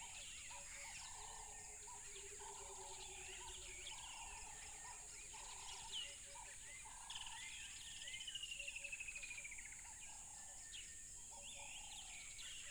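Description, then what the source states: Crickets give a steady, continuous high-pitched trill throughout, while birds whistle and chatter, one bird sings a rapid series, and lower croaking and pulsed notes repeat underneath. Tropical river habitat.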